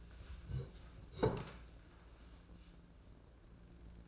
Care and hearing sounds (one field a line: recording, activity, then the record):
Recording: daily activity, microphone in the room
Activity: sit down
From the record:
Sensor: 2